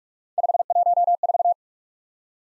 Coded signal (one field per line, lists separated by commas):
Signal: Morse code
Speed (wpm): 51 wpm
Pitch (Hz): 700 Hz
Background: none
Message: 514